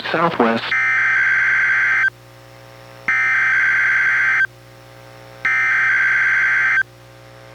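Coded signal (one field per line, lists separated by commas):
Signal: Emergency Alert System (SAME) tones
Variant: header bursts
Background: speech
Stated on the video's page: NOAA Weather Radio required weekly test relayed by an NWR station, received on a Reecom R-1630 weather radio.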